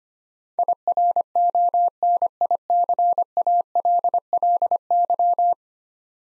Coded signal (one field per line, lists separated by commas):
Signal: Morse code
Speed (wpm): 25 wpm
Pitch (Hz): 700 Hz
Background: none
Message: IRONICALLY